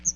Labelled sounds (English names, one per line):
Chestnut-sided Warbler flight call